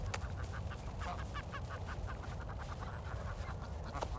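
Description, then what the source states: Goose: geese calling as a flock, short nasal calls overlapping in a steady chatter throughout, over a low rumbling background. Geese on snow; 16 December.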